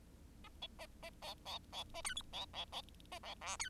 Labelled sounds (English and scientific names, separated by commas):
Bengalese Finch (Lonchura striata domestica) song